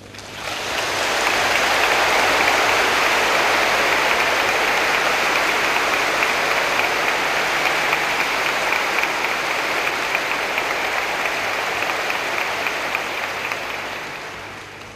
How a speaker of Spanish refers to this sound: Muchas gracias por este aplauso. Porque no es tanto fácil de aplaudir esta categoría de afirmaciones.